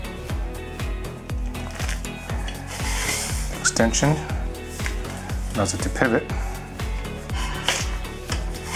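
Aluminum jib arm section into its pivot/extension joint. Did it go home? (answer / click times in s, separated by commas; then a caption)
no / none. A section of a Neewer aluminum 70-inch alloy camera jib arm is fitted into its pivoting extension joint over background music while someone talks. Handling knocks and rubbing are heard. The clip ends before the part goes home, and nothing has seated or clicked yet.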